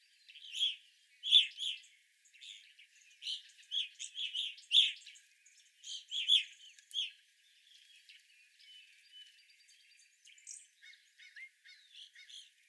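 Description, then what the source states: Evening grosbeak flock chirping loudly for several seconds, then quieter, with a few softer squeaky notes toward the end. Recorded 25 April 2021; several evening grosbeaks.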